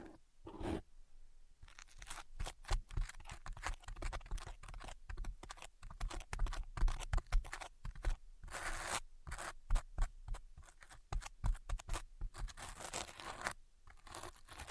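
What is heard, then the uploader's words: Dry tapping and scratching, with a dense, irregular run of crisp clicks and scrapes from about two seconds on. Some strokes are brighter, scratchier bursts, and there are brief pauses between clusters. Underneath sits a low, faint hum. ASMR Invisible Tapping and Scratching (No Talking).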